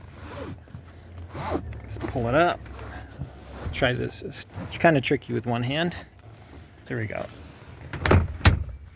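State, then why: Seated. Someone talks while pushing the folded rear seat back of a 2007–2017 Jeep Wrangler all the way back up to its upright position, the seat back latch catching the vehicle body striker. Sharp knocks come around 7.9–8.1 s, then a loud impact-like hit at 8.5 s as the seat back latches upright and locks in place.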